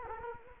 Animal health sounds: mosquito wingbeat signal from an infrared sensor; Culex quinquefasciatus

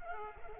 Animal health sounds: mosquito wingbeat signal from an infrared sensor; Culex pipiens

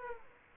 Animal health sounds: mosquito wingbeat signal from an infrared sensor; Aedes aegypti

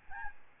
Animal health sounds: mosquito wingbeat signal from an infrared sensor; Aedes albopictus

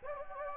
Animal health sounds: mosquito wingbeat signal from an infrared sensor; Anopheles gambiae

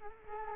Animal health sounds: mosquito wingbeat signal from an infrared sensor; Culex quinquefasciatus

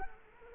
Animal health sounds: mosquito wingbeat signal from an infrared sensor; Culex quinquefasciatus

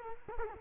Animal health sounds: mosquito wingbeat signal from an infrared sensor; Culex quinquefasciatus

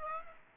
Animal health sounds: mosquito wingbeat signal from an infrared sensor; Aedes aegypti

